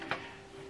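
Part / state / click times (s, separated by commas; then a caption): paper cassette into inkjet printer front slot / seated / 0.1 s. A loaded plastic paper cassette is pushed straight into the front slot of a Canon TS9155 inkjet printer until it latches. A sharp click at 0.1 s shows the cassette is seated, with a faint steady hum underneath.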